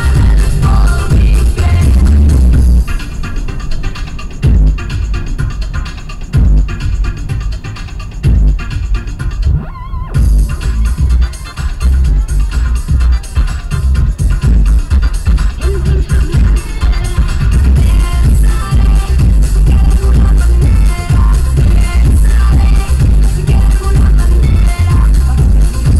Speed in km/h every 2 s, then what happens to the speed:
63, 55, 44, 34, 23, 24, 35, 42, 48, 52, 53, 56, 58.
0-8 brakes to 23. 8-26 speeds up to 58.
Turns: none.